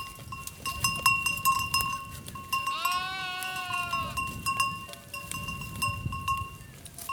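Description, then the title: Sheep bleating once, a drawn-out harmonic bleat, amid clinking bells. Flock of sheep in Coleja, Portugal, by the Douro River. "Coleja, Portugal - Rebanho de ovelhas"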